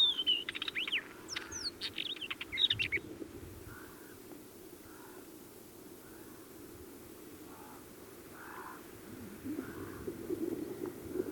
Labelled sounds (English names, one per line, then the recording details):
Isabelline Wheatear song
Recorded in the wild
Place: Wüste Gobi, MN
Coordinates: 42.795, 105.032
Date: 1979-06-03 11:30
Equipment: Nagra III BH, Sennheiser MD 21, parabola
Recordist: Schubert, Michael